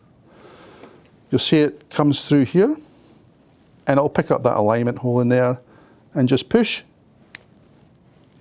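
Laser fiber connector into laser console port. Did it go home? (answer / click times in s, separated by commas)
yes / 7.3 s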